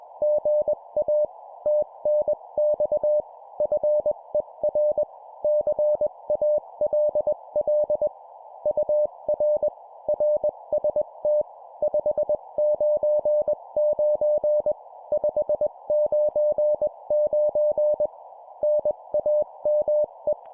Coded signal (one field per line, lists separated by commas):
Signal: Morse code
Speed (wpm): 21 wpm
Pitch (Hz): 600 Hz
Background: none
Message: GA TNX FER CALL UR RST 599 599 NAME